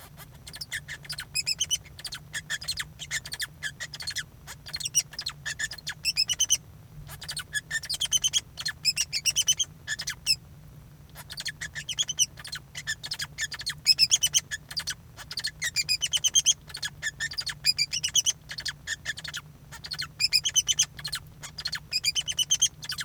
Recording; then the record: song of a male Bengalese finch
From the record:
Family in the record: son of father 2